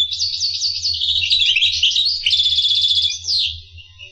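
Finch song, a continuous run of high twitters leading into a fast buzzy trill and a final downslurred note, over a low hum.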